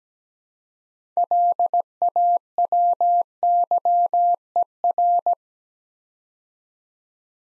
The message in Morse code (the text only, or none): LAWYER